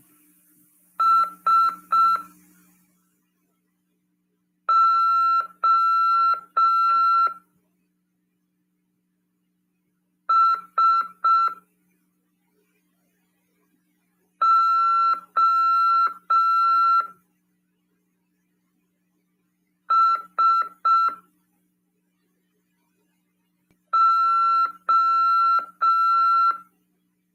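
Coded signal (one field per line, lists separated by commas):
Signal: Morse code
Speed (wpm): 5 wpm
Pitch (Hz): 1350 Hz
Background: none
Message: S O S O S O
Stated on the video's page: CW lesson in an amateur radio class on 146.410 MHz FM.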